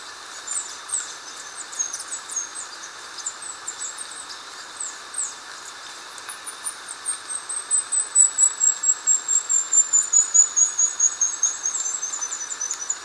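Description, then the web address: Indigo flowerpiercer twittering at a very high pitch, then a long, fast trill that slides steadily downward. Recorded in Ecuador. "Natures Songs S America Birds of Ecuador Indigo Flowerpiercer"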